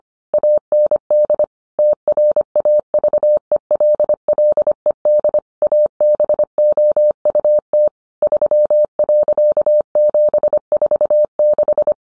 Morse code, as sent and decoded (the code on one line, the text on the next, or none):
.- -. -.. / - .-. .- ...- . .-.. .-.. . -.. / .- -... --- ..- - / ...-- .-.-.- --... ....- -....
AND TRAVELLED ABOUT 3.746